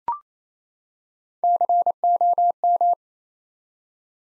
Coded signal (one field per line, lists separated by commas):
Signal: Morse code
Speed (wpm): 27 wpm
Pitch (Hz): 700 Hz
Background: none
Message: COM